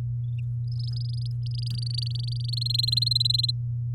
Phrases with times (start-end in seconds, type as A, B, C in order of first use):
0.71-2.55 A, 2.57-3.51 B